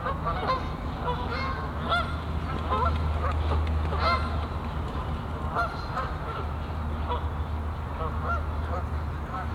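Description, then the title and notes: Goose: geese honking repeatedly in an overlapping flock chorus, over a low rumbling background. Geese on the pond of Bouchout castle, Meise botanical garden, Belgium; binaural recording. "Plantentuin, Meise, Belgique - Oies - Geese. Meise, jardin botanique. Des oies sur l'étang du chateau de Bouchout. Enregistrement binaural"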